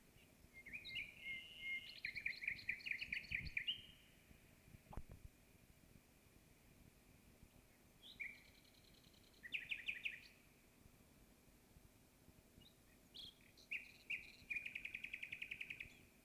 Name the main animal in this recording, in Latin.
Luscinia megarhynchos